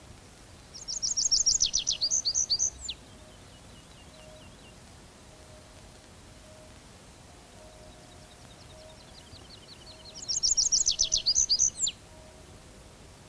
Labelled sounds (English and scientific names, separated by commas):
Tree Pipit (Anthus trivialis) song